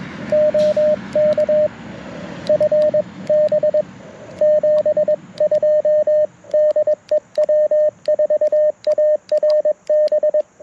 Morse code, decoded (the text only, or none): OK FB 72 DE W4ARB